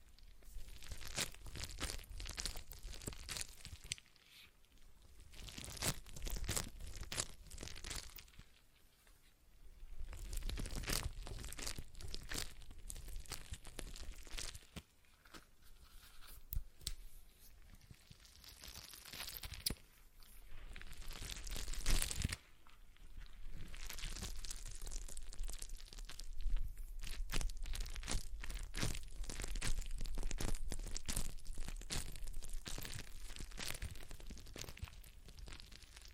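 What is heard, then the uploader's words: Stress ball sounds: dense crinkling, crunching and squishing noises that come in bursts of several seconds, separated by short quiet gaps near 4, 9, 15 and 19 seconds. The texture is bright and gritty, with low thumps underneath, and grows steadier and fuller after about 22 seconds. ASMR Relaxing Stress Ball Sounds (No Talking).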